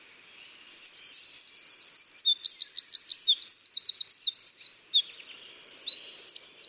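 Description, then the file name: Eurasian wren song, loud and rapid: high twittering notes, quick rattling trills and a steady buzzy reel, pouring out without pause for about six seconds. "Troglodytes troglodytes"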